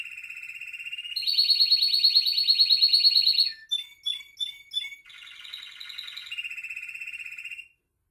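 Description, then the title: Domestic canary song with a lower buzzy trill rising to a loud high trill, scattered chips, then a return to the lower rolling trill. Male singing a lot, for warming up and training young birds. "Esquente Seu Filhote E Canario Belga Macho Cantando Muito"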